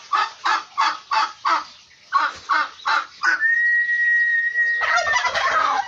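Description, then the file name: Turkey calls: a series of short yelping notes, about three per second, then a long steady whistled tone and a loud rattling gobble. "canto do peru"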